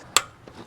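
A click-type torque wrench set to 80 ft-lb is pulled on a diff/axle bolt until it breaks over with a single sharp, bright click at 0.2 s, followed by a much fainter tick around 0.5 s. The wrench reaches its setting and the bolt is confirmed torqued.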